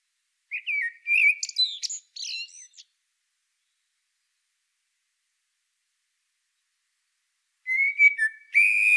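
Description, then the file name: Common blackbird gives a rich whistled phrase broken by sharp high squeaks, falls silent for about five seconds, then starts another warbled phrase. "Turdus merula"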